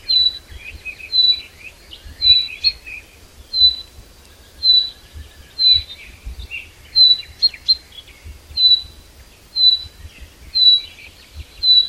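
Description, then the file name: Common chaffinch giving a steady series of brief high piping notes, roughly one per second, over quieter chattering of other small birds. "Fringilla coelebs"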